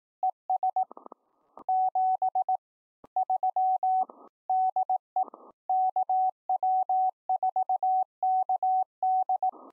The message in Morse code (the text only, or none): ES 73 DE KW4KD